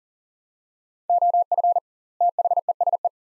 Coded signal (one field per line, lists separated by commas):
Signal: Morse code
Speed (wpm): 40 wpm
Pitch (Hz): 700 Hz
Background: none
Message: OF THESE